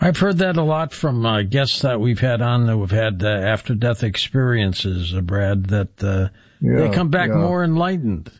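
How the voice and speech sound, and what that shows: A man speaks fluently in a steady, moderately low voice with natural phrasing; ordinary adult speech.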